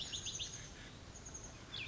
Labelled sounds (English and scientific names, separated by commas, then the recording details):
Chestnut-backed Chickadee (Poecile rufescens)
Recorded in Sonoma County, California